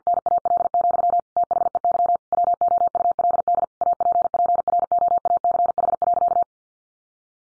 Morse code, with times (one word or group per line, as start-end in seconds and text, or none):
0.1-1.2 NAL,
1.4-2.2 THEY
2.3-3.6 WOULD
3.8-6.4 APPROACH.